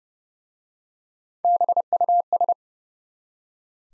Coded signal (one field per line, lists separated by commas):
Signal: Morse code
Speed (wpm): 30 wpm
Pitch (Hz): 700 Hz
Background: none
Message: BUS